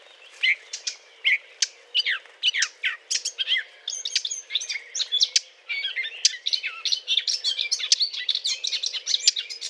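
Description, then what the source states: Eurasian blackcap song: spaced sharp notes at first, quickening into a busy, twittering warble with whistled phrases. Courtship song.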